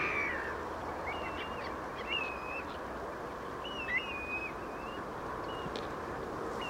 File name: Grey plover